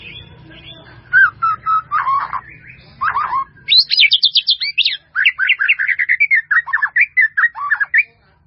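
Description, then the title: White-rumped Shama song: varied mellow whistles leading into a fast, high, chattering run of notes that drops in pitch toward the end. "murai batu"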